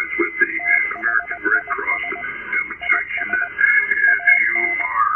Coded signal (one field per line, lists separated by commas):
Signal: Morse code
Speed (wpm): 20 wpm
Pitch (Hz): 700 Hz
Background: radio noise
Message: THIS IS AN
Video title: Radio Amateurs Demonstrating Emergency Messaging Capabilities for Red Cross, FEMA